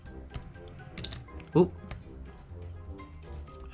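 The back section of a plastic toy dinosaur figure's tail is pushed onto its ball-joint peg, and a sharp snap at 1.0 s marks the peg seating into the tail socket. The snap is surrounded by a few smaller clicks and faint background music, and then someone talks. It's a little difficult to push in, but the tail section is now snapped into place.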